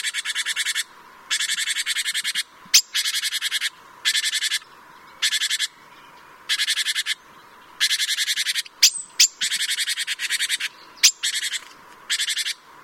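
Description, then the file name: Great tit churrs: dry pulsed rattles repeated in many bursts, some close together, with a few sharp clicks between. "Parus major"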